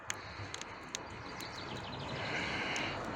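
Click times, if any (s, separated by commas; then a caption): 0.1 s, 0.9 s. On a 2012 Kia Ceed (ED), a strut top mount bearing holder is pushed down by hand into its housing so its tabs engage the black plastic retaining clips, with heavy grease making the fit squidgy. Sharp clicks sound at 0.1 s and 1.0 s, with fainter ticks around 0.5 s and 0.6 s over a steady broadband background that slowly grows louder. The bearing holder is seated in place.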